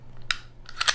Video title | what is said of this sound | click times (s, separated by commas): How to Swap SIG Sauer P365 Grip Module | the slide to the rear when you hear that click you can follow it forward and now | 0.3 s